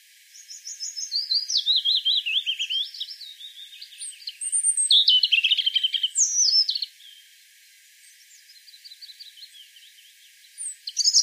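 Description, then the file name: European robin singing varied warbling phrases of high thin notes and trills, pausing briefly, then resuming with faint phrases. "Erithacus rubecula"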